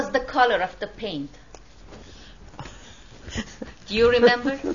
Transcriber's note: laughs